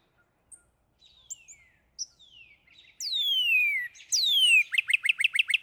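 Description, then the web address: Northern cardinal song: two long, loud whistles sliding steeply downward, then a rapid run of short repeated slurred notes. A few thin high chips come first. "birdsongforthecurious Northern Cardinal"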